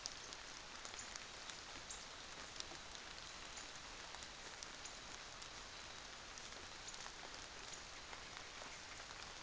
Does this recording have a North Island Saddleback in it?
no